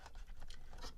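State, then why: Not seated. A plastic carbonite block accessory is pushed into the slot of a toy ship, but it is slightly too big and does not lock, so it drops out of the slot. Only soft scratching and light pattering sounds are heard through the second, with small taps around 0.1, 0.2, 0.5 and 0.7 seconds. Nothing has seated or clicked into place.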